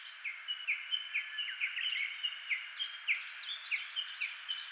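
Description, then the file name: Japanese bush warbler calls: fast repeated clipped notes, several per second, steady and insistent, over a constant hiss. Recorded in Shiga, Japan on 10 May 2015. "uguisu shiga"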